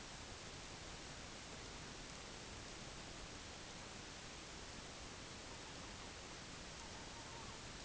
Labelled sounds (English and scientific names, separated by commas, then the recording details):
Herring Gull (Larus argentatus)
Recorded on Arctic tundra, site UTQI-5, on 21 June 2018
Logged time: 08:00